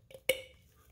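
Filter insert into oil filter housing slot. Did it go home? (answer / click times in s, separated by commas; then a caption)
yes / 0.3 s. A part pulled from the old oil filter housing is pushed into the center slot of a new aluminum Paradigm Engineering oil filter housing for a 440i. A faint tick at 0.1 s comes before one strong, sharp click at 0.3 s that rings briefly. The insert is seated firmly in place.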